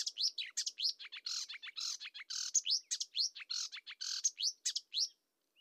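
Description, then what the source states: Marsh warbler song, a dense continuous stream of quick varied whistles, chirps and harsh notes tumbling together without pause for five seconds, ending abruptly. Nominate subspecies palustris.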